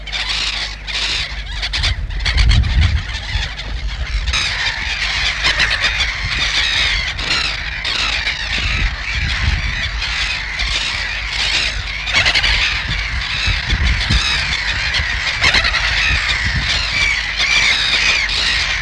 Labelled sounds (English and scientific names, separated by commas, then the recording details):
Black-headed Gull (Chroicocephalus ridibundus) call
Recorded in the wild
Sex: group
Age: diverse
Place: Petershain, Niederlausitz, Sachsen, DE
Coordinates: 51.3167, 14.7514
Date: 1963-06-10
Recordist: Meyer, Hugo
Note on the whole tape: In der Kolonie und Angriffsflug, junge Lachmöwen auf dem Nest (die Jungenlaute - übersteuert!)